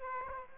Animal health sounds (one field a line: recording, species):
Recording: mosquito wingbeat signal from an infrared sensor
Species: Aedes aegypti